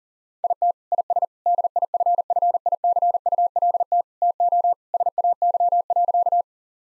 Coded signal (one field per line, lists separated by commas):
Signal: Morse code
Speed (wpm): 40 wpm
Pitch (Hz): 700 Hz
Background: none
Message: IT IS DIFFICULT TO SAY.